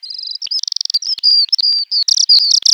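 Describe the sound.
Bird sounds: fast, high buzzy trills alternating with clear whistled notes and sharp chirps in quick succession.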